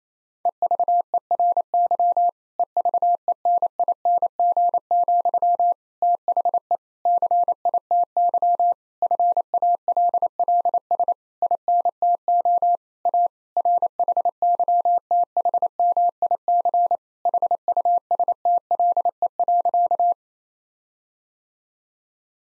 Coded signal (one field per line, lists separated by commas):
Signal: Morse code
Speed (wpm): 28 wpm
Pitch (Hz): 700 Hz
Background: none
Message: EVERY EVENING, THE CITY FALLS INTO A RHYTHMIC HUSTLE.